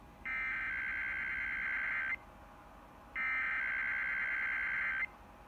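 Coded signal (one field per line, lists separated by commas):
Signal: Emergency Alert System (SAME) tones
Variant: header bursts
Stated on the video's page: Required Monthly Tests recorded directly from a cable box with a low-quality capture device.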